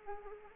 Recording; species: mosquito wingbeat signal from an infrared sensor; Anopheles arabiensis